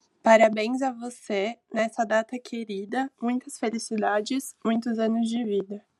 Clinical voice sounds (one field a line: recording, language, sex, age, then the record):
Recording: short text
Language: Brazilian Portuguese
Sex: female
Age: 20 to 29 years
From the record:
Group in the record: control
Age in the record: 22 years